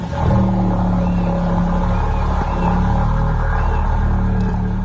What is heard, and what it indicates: An eerie noise has been perplexing lighthouse keepers and fishermen for years. Scientists at the SETI Institute in the US say they believe it's the sound of humpback whales, perhaps clearing their airways or sneezing.